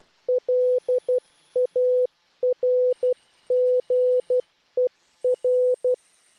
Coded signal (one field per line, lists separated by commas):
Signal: Morse code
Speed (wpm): 12 wpm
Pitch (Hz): 500 Hz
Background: none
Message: LARGER